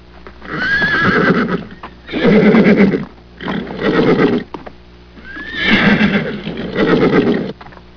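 Horse whinnying in a series of loud, shaky neighs, each about a second long with a wavering high tone over a rough lower buzz, repeated every one to two seconds.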